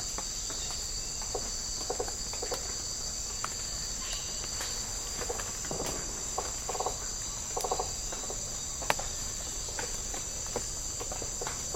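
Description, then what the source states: Insects keep up an unbroken high whine, while faint scattered ticks and a few brief pulsed bursts sound lower down. Tropical rainforest habitat.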